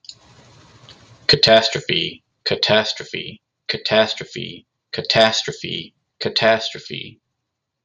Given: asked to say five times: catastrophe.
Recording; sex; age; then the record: repeated word; male; 30 to 39 years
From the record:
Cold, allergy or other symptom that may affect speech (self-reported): no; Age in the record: 33 years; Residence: Texas, United States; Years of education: 14